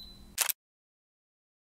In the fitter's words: Close the belt lock with an audible clicking sound.